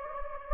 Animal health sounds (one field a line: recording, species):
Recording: mosquito wingbeat signal from an infrared sensor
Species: Anopheles gambiae